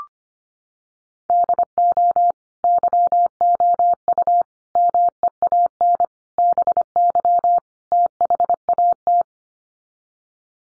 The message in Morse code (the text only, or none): DO YOU MEAN BY THAT